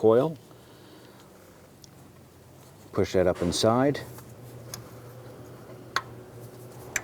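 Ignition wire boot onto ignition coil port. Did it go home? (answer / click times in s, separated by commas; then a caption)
yes / 6.0 s. A spark plug ignition wire boot on a 2015-2020 Cadillac Escalade is pushed up by hand, out of sight under a cover, onto the ignition coil terminal. Someone talks, then a sharp click at 6.0 s marks the boot snapping into place, seated on the coil.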